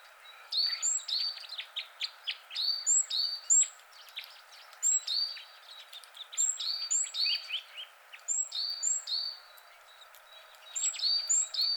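Great tit calls: bright slurred notes in rapid series with pauses between, accompanied by fainter high chips and a faint hiss.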